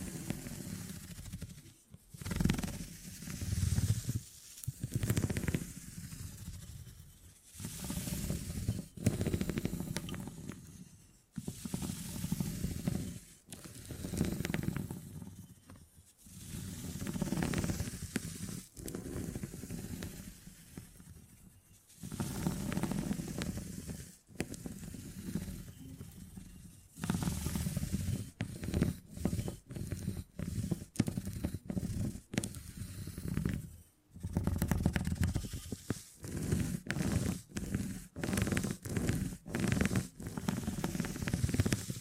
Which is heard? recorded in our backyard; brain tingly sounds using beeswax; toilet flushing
brain tingly sounds using beeswax